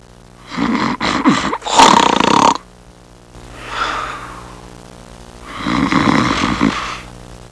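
Rough, rattling inhaled snores alternate with quieter, breathy exhalations across about two breath cycles. The loud intake bursts carry a fluttering, throaty vibration typical of ordinary snoring.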